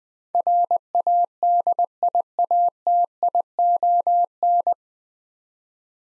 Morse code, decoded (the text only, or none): RADIATION